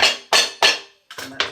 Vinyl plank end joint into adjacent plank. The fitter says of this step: snaps into place there